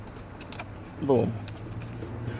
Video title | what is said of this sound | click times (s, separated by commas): How to get Bluetooth Music in Lamborghini Aventador - BLUETOOTH MUSIC SOLUTION | of like a a ridge there you go see you're gonna hear click boom | 0.5 s